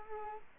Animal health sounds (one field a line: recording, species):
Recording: mosquito wingbeat signal from an infrared sensor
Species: Culex quinquefasciatus